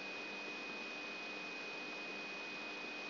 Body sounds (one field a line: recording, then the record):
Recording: brain microelectrode recording played as sound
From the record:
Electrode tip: outside the subthalamic nucleus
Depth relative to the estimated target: -6 mm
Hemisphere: left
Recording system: AlphaMap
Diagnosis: Parkinson's disease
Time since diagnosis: 19 years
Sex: male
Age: 59 years